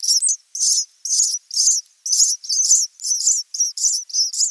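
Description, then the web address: House sparrow nestlings giving high, harsh begging chirps in rapid scratchy bursts, about two bursts each second, steady throughout with no other sounds. "Schulze Peter House Sparrow"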